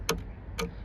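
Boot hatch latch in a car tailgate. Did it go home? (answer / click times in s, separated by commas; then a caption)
released / 0.1 s, 0.6 s. On an E61 fitted with a wiper delete and a working boot release switch, the switch is pressed and the boot hatch latch in the tailgate clicks open. Two sharp clicks are heard at about 0.1 s and 0.6 s. The latch releases.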